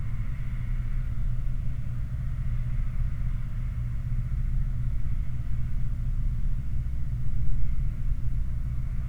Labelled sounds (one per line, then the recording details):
machinery
flare stack
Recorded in the Prudhoe Bay oil fields, Alaska, on 7 August 2019 at 04:58
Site 29